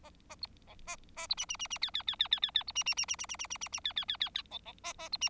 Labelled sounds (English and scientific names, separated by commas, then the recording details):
Bengalese Finch (Lonchura striata domestica) song
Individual Bird4